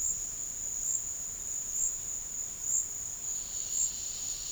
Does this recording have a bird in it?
no